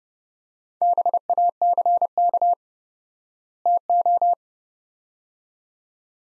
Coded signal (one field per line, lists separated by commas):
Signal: Morse code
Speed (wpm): 30 wpm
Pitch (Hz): 700 Hz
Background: none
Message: BACK TO